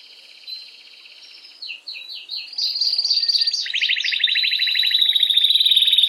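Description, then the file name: Canary (Belgian mosaic): canary song building from a soft warble to quick repeated chirps and a long, loud, rapid rolling trill. "canto do canario belga mosaico"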